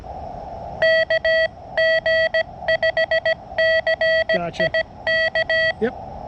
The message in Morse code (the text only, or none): KG5CIK